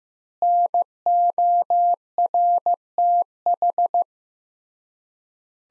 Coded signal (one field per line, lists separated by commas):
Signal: Morse code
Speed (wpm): 15 wpm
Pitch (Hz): 700 Hz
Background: none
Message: NORTH